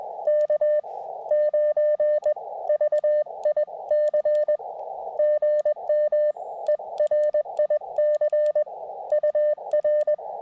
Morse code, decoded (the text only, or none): K9VIC GM ERIC UR